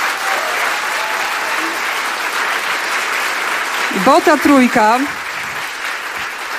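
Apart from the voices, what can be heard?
audience applause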